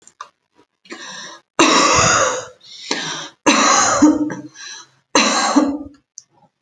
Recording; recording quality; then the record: heavy voluntary cough; excellent, no background noise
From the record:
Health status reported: COVID-19 positive, no symptoms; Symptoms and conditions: loss of smell and taste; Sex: female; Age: 33 years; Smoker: not ticked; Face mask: not worn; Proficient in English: yes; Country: India